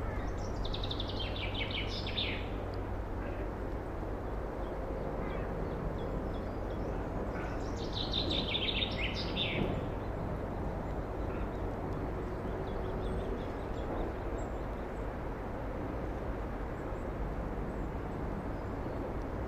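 Birds sing in a Black Forest nature reserve as the woods wake up, with two bright, chirping bursts of song near the start and again around eight to ten seconds. Beneath them runs a steady low rumble, like far traffic, with a faint hum throughout.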